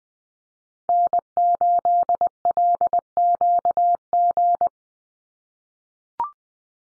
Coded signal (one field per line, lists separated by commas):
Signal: Morse code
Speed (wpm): 20 wpm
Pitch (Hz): 700 Hz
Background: none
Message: N8LQG